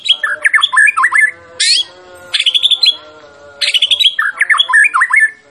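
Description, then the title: White-rumped shama song with quick tumbling runs of whistled notes and a sudden high rising squeal, in bursts separated by brief gaps. Champion bird; masteran training sound. "Masteran Murai Batu Juara"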